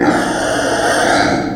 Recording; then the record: squeal of a Yucatan mini pig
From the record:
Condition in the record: before surgery on the right vocal fold (resection and tissue-engineered implant); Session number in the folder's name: 3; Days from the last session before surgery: 0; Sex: female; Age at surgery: 19 weeks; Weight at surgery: 25 kg